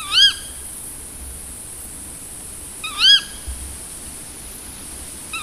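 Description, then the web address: Tawny owl giving two loud, harsh slurred calls about three seconds apart, a third beginning as the recording ends. "agykontroll Madardalok Cd 1. Macskabagoly"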